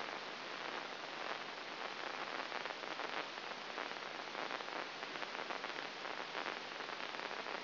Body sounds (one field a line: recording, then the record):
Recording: brain microelectrode recording played as sound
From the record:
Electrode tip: inside the subthalamic nucleus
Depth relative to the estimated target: 0 mm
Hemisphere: right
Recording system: AlphaMap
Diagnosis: Parkinson's disease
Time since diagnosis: 11 years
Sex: female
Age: 60 years